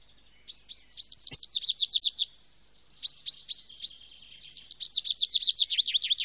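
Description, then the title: Bird song with rapid trills of sharp down-slurred chirps, about four a second, broken by pauses and a brief click. Nature sounds of birds. "SONIDOS DE LA NATURALEZA - Pajaros"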